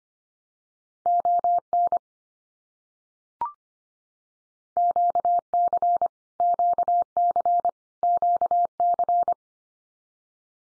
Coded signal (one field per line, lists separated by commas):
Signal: Morse code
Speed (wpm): 25 wpm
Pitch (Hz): 700 Hz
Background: none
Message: ON QC QC QC